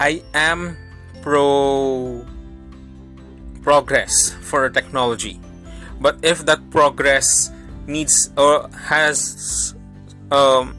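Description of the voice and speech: An adult man speaks spontaneously. He stretches 'pro' for about a second, pauses at length, then restarts with a part-word repetition ('pro… progress'), and later words are also drawn out. These prolongations, blocks and repetitions are stuttering, which breaks the flow of speech.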